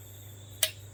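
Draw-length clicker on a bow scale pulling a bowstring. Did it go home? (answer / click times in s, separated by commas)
yes / 0.6 s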